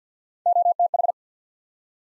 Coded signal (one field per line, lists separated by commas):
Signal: Morse code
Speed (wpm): 50 wpm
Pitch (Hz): 700 Hz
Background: none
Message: OTH